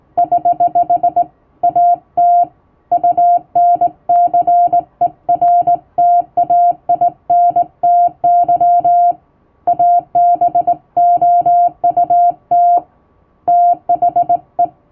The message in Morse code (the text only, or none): <HH> AT UNCERTAINTY ABOUT THE